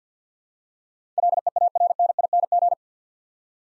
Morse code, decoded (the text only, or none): LEARNING